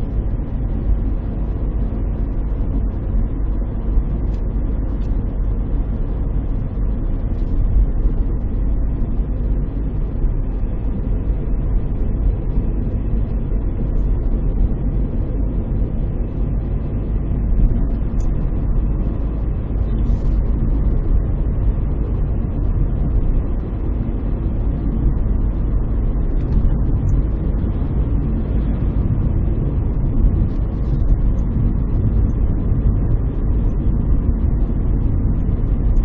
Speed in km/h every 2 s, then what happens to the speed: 56, 57, 57, 56, 55, 56, 55, 56, 58, 60, 60, 60, 60, 61, 60, 59, 59, 58.
0-36 steady at about 58.